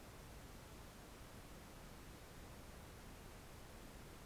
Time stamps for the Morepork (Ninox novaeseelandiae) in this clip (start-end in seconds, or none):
none